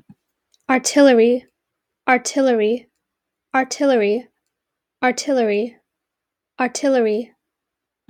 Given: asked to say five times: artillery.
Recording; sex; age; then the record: repeated word; female; 18 to 19 years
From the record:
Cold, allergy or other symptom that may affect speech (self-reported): no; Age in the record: 19 years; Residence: California, United States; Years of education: 13